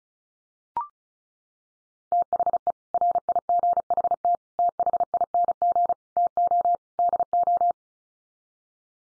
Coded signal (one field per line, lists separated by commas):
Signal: Morse code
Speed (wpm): 34 wpm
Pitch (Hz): 700 Hz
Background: none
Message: THE RIGHT THING TO DO